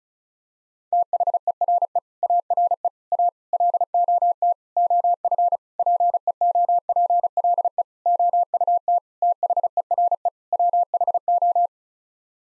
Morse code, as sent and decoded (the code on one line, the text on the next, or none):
- .... . .-. . / .- .-. . / .- / .-.. --- - / --- ..-. / .--. . --- .--. .-.. . / --- ..- - / - .... . .-. . / .-- .... ---
THERE ARE A LOT OF PEOPLE OUT THERE WHO